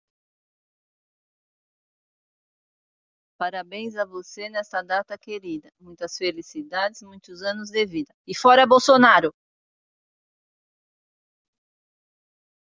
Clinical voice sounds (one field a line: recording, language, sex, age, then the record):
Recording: short text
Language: Brazilian Portuguese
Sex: female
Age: 50 to 59 years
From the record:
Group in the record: control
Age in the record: 59 years